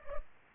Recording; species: mosquito wingbeat signal from an infrared sensor; Culex pipiens